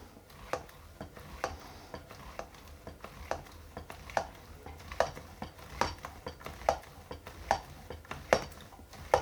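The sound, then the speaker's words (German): The last portion of spätzle dough is pushed through a spätzle grater into a pot of boiling water in a steady back-and-forth rhythm, each stroke giving a sharp clack or scrape, about two per second, with a faint bubbling hiss underneath. “Gut, und letztes Mal hobeln.”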